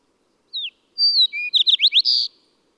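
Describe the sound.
Bird song: a short falling note, then a drawn-out whistle, a lower whistle, four quick slurred notes and a sustained closing note.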